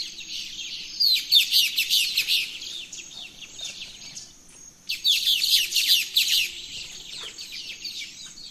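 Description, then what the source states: Birds chirping in quick, busy trills, two dense bursts of rapid high notes separated by a brief quieter gap. Dawn chorus of birds in the rainforest, Gran Sabana, Venezuela.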